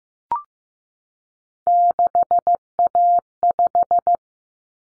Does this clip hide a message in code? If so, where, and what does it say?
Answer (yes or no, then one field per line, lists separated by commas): yes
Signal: Morse code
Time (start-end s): 1.7-4.2 s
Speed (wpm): 15 wpm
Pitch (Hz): 700 Hz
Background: none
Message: 6A5